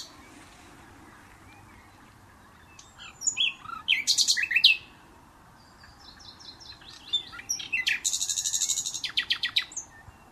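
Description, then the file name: Common nightingale song: a phrase of sharp, rapid chips, a short pause, then a longer phrase ending in a fast buzzy trill, over faint background hiss. "Luscinia megarhynchos"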